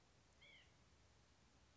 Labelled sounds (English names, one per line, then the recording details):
White-breasted Nuthatch
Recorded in Sonoma County, California